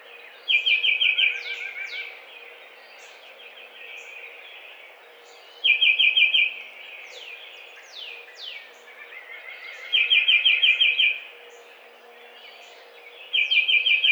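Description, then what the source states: Tufted titmouse song: four brief rapid runs of clear whistled notes, with downslurred chirps scattered between the phrases. Recorded on 7 April 2009.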